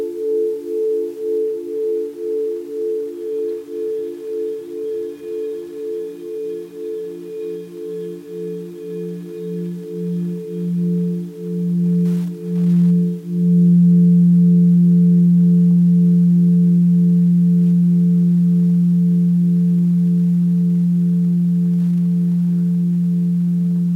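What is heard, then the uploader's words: Tibetan singing bowls ring in sustained, overlapping tones with a slow, regular wavering pulse. A lower tone swells gradually over the first half, then around thirteen seconds it settles into a loud, steady hum that holds to the end beneath the higher ringing. Tibetan Singing Bowls.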